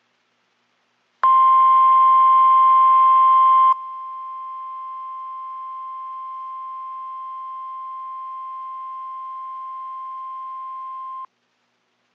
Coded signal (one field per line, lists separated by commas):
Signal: Emergency Alert System (SAME) tones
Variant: 1050 Hz attention tone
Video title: EAS# 98 SVR